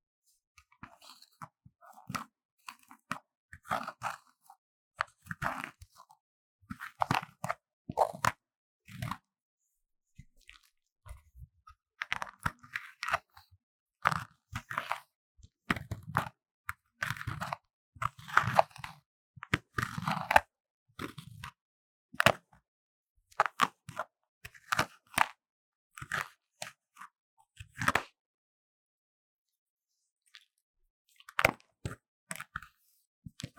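A block of magnesium is scraped into powder, a run of dry, gritty crunches and short rasping strokes. The scrapes come in quick irregular bursts with brief pauses, thinning out after about 28 seconds, then resuming faintly near the end.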